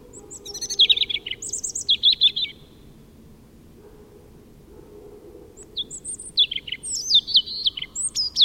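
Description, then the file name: European robin with two bursts of high, tinkling notes, quick trills and sliding whistles, split by a quiet pause, a low steady hum beneath. "Erithacus rubecula"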